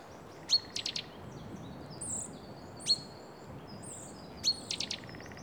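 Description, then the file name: Great tit call: a high piping note followed by three dry, buzzy chur notes, heard twice, with a single separate high note between and faint high chirps from another bird between phrases. "Parus major"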